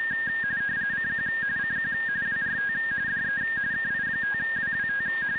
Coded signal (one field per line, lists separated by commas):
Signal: RTTY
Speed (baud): 45.45 baud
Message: CQ CQ WRT DE KI5WWT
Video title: Weekly RTTY TEST - 5-29-2026